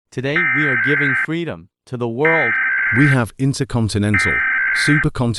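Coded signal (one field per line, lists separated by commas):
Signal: Emergency Alert System (SAME) tones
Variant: header bursts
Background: speech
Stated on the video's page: Simulated meme EAS scenario.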